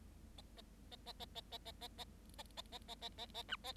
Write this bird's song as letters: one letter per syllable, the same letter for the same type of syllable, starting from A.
A A A A A A A A A A A A A A A A A B A